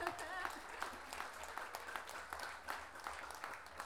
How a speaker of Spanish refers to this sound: Un aplauso para nosotros que estamos aquí en septiembre.